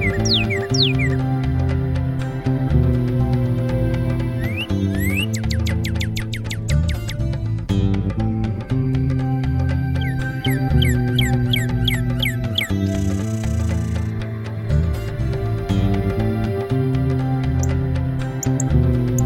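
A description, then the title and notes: Northern Cardinal whistles come in short bursts of quick, slurred rising notes, at the start, around five to seven seconds, again near ten to twelve seconds and at the end. A loud, steady, low droning hum with shifting tones fills the whole recording beneath them. Northern Cardinal.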